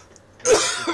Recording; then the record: coughing mixed with background sound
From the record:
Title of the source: Dry Coughing Fit in the Afternoon.